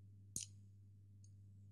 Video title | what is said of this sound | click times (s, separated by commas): Nagao higonokami (high end vs low end) | that's a very positive click that's not going anywhere | 0.4 s